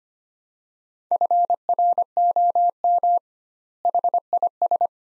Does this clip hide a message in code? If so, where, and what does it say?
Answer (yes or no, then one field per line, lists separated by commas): yes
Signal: Morse code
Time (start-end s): 1.1-4.9 s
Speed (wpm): 25 wpm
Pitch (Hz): 700 Hz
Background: none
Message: FROM HIS